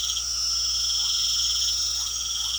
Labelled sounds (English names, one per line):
none